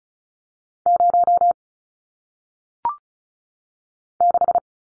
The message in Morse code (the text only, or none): 0 6